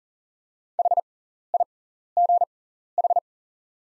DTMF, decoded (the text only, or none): none